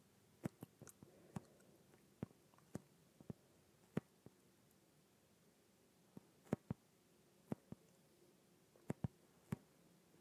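An inflated yoga ball gives off short, sharp taps and squeaky contacts at irregular moments, sometimes in quick pairs or clusters, about twenty across the stretch, with the strongest near 4, 6.5 and 9 seconds. A faint, steady low murmur fills the quiet gaps.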